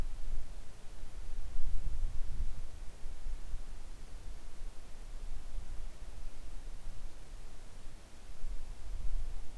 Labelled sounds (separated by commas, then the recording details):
near silence
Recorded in the Arctic National Wildlife Refuge, Alaska, on 3 August 2019 at 10:43
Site 41